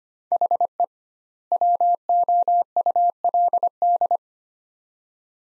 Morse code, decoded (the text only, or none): HE WOULD